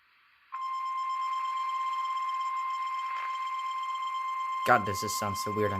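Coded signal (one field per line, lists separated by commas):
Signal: Emergency Alert System (SAME) tones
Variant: 1050 Hz attention tone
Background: speech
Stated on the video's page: Tornado and severe thunderstorm warnings from NOAA Weather Radio station KIH54 Birmingham, Alabama, captured via a website.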